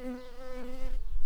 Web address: Sylvarum workers